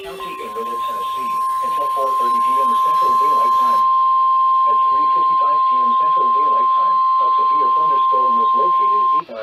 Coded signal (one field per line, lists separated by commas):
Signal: Emergency Alert System (SAME) tones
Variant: 1050 Hz attention tone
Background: speech